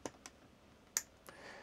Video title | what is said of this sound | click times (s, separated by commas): No Solar? NO PROBLEM! - Bateriapower To The Rescue! | so here we go two clicks that one's good to go | 0.1 s, 1.0 s